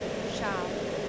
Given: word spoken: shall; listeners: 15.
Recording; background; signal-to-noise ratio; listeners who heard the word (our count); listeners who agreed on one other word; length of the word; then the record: one English word in noise, from a listening test; speech-shaped noise; -4.7 dB; 0 of 15; 6 of 15; 0.69 s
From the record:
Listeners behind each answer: 6, 3, 2, 1, 1, 1, 1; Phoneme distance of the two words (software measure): 27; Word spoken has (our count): 1 syllable, 3 phonemes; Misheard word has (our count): 1 syllable, 4 phonemes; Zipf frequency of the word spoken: 5.25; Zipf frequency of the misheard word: 5.14